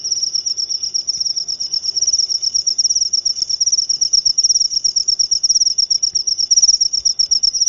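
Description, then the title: Cricket trilling rapidly and continuously at high pitch, with faint low background noise. Loud cricket chirping played to make lovebirds sing (ngekek) continuously. "Suara JANGKRIK NGERIK Keras Bikin LOVEBIRD Jadi NGEKEK Terus Vubey"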